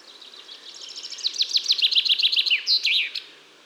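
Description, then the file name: Common chaffinch song: one complete phrase of quick, high chirping notes that speed up and fall, closing with an emphatic flourish, over faint background hiss. "Fringilla coelebs"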